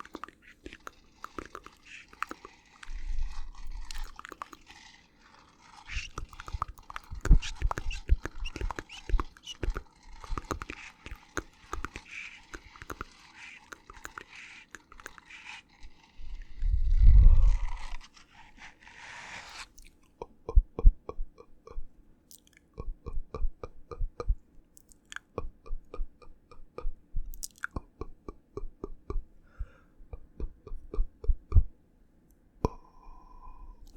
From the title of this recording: Super Tingly Mouth Sounds